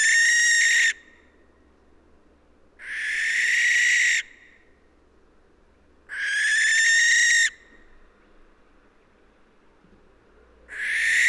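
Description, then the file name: Western barn owl repeating rasping, hissing screeches about every three to five seconds, each lasting over a second, with quiet gaps between. "Western Barn Owl Tyto alba"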